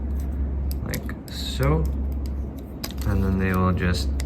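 The plastic side panels of a Transformers AOTP Alpha Trion action figure are rotated forward toward the figure's torso during transformation, producing light plastic taps and handling noise while someone talks. Nothing has seated or clicked into place yet.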